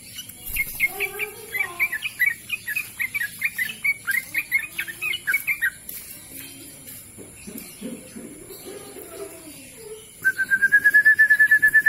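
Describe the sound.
Bird song of rapid chirped phrases at first, fading into softer mixed notes, then ending with a loud, fast, evenly pulsed trill that holds one pitch.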